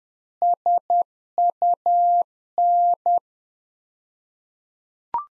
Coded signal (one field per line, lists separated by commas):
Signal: Morse code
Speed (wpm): 10 wpm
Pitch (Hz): 700 Hz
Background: none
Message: SUN